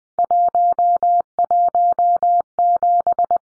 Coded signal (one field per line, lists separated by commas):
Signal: Morse code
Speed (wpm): 19 wpm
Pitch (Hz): 700 Hz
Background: none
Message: 117